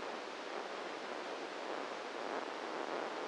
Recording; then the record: brain microelectrode recording played as sound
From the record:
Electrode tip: inside the subthalamic nucleus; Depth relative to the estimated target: -1 mm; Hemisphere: right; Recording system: NeuroSet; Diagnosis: Parkinson's disease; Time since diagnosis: 7 years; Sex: male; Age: 44 years